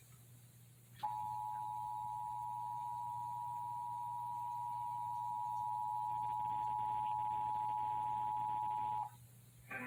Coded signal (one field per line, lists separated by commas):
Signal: Emergency Alert System (SAME) tones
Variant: 853 and 960 Hz attention tone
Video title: EAS #415: Severe Thunderstorm Warning - Indiana (12/11/2021) (WIPB)